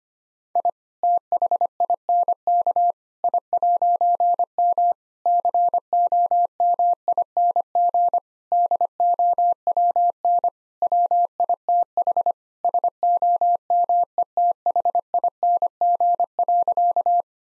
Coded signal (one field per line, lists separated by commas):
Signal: Morse code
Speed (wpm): 25 wpm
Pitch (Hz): 700 Hz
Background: none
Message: I THINK I'M COMING DOWN WITH SOMETHING.